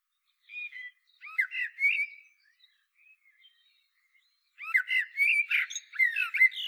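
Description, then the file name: Common blackbird song: soft opening notes leading into a rich warbled phrase, a few quiet notes, then a louder, longer warbling phrase. "Turdus merula"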